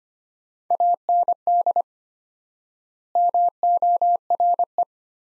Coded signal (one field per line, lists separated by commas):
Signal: Morse code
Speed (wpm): 25 wpm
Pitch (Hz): 700 Hz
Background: none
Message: AND MORE